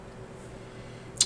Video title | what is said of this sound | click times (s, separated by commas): Swiss Longines Dingwall Pocket Watch Detailed Assembly | And it just snaps back in place. | 1.2 s